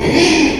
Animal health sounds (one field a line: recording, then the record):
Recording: squeal of a Yucatan mini pig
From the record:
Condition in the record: after surgery on the right vocal fold (resection and tissue-engineered implant)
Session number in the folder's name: 2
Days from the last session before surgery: 13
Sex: male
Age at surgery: 12 weeks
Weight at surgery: 13 kg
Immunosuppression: cyclosporine, prednisolone